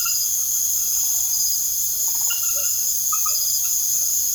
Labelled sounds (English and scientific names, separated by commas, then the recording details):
none
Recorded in secondary vegetation near Puerto Asís, Putumayo, Colombia, on 21 March 2025 at 20:30
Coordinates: 0.489, -76.322
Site G042